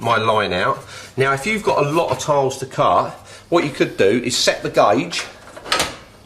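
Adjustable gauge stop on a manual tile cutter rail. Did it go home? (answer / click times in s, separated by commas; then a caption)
yes / 5.7 s. Someone talks about setting the measuring gauge, then the adjustable gauge stop on the rail of a manual tile cutter is pushed and locks into place with a single sharp click at 5.7 s. The gauge is seated.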